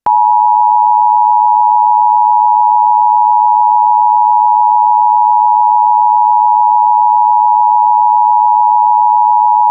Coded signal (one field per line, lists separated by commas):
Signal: Emergency Alert System (SAME) tones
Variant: 853 and 960 Hz attention tone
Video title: Turning Red: An EAS Scenario